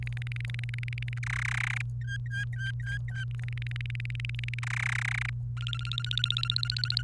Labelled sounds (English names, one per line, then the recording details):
Domestic Canary song
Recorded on 29 April 2018 at 17:44
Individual llb3